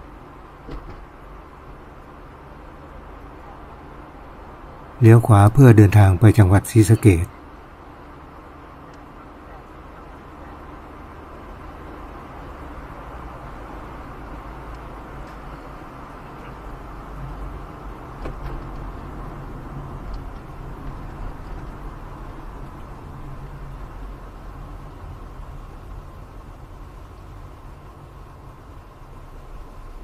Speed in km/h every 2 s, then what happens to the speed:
14, 19, 21, 20, 18, 18, 21, 26, 31, 39, 44, 48, 52, 57, 59.
0-3 speeds up to 21. 3-13 steady at about 20. 13-30 speeds up to 59.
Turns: 6-10.